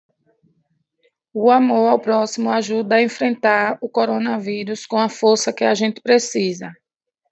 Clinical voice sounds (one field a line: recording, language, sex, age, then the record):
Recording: spoken sentence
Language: Brazilian Portuguese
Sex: female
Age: 40 to 49 years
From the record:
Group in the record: control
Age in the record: 44 years